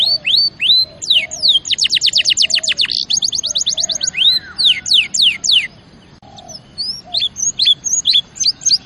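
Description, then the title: Canary singing whistled upslurs and a rapid high trill, then swept notes, a brief pause, and a further string of short high phrases. Champion canary song used as a master recording for training other birds. "Masteran Kenari Juara"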